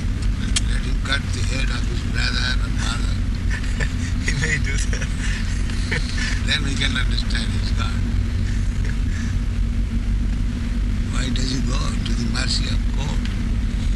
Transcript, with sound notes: Let him cut the head of his brother or mother.
[laughing] He may do that.
Then we can understand he is God. Why does he go to the mercy of court?